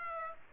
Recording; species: mosquito wingbeat signal from an infrared sensor; Aedes aegypti